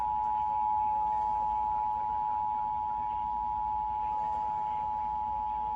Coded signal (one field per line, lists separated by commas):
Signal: Emergency Alert System (SAME) tones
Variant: 853 and 960 Hz attention tone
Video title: EAS Severe Thunderstorm Warning on TV (7/14/2024) EAS #413.1